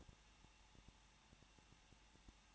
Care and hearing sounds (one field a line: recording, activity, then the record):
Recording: daily activity, microphone in the room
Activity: no activity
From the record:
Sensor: 1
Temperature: 20.1 degrees Celsius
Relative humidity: 39.2%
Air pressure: 1006.3 hPa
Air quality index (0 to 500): 218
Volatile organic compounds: 78 ppm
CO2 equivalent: 3587 ppm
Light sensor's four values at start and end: 1/2/1/1 and 1/2/1/1